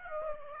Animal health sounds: mosquito wingbeat signal from an infrared sensor; Aedes aegypti

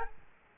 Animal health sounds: mosquito wingbeat signal from an infrared sensor; Culex quinquefasciatus

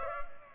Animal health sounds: mosquito wingbeat signal from an infrared sensor; Culex pipiens

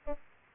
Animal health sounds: mosquito wingbeat signal from an infrared sensor; Aedes albopictus

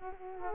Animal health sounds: mosquito wingbeat signal from an infrared sensor; Culex quinquefasciatus

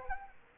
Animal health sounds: mosquito wingbeat signal from an infrared sensor; Anopheles arabiensis

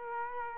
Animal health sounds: mosquito wingbeat signal from an infrared sensor; Culex quinquefasciatus

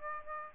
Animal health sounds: mosquito wingbeat signal from an infrared sensor; Aedes aegypti

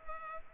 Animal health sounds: mosquito wingbeat signal from an infrared sensor; Culex pipiens

